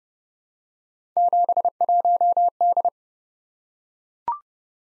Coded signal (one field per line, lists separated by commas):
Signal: Morse code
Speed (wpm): 28 wpm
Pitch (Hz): 700 Hz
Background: none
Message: 71D